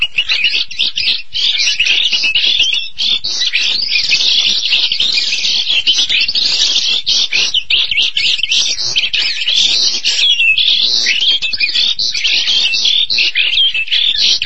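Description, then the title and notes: Starling song, continuous rapid chatter mixing harsh buzzes, squeaks and short whistles, loud throughout. "suara burung jalak"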